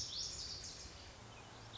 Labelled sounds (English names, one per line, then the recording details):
Lazuli Bunting
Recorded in Sonoma County, California